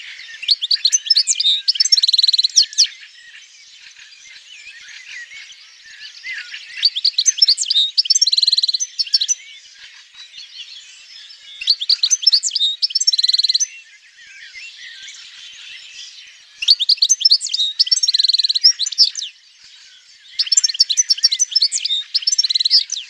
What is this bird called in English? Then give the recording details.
European Goldfinch. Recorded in the wild. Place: Oberrotweil am Kaiserstuhl, Baden-Württemberg, DE. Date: 1992-06-14. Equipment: Dat-Recorder Casio DA 7, Telinga DAT, Telinga-Parabolspiegel. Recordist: Schwarz, Dieter